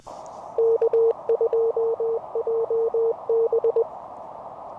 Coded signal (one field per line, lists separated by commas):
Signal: Morse code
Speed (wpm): 20 wpm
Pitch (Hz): 460 Hz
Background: none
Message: K2JB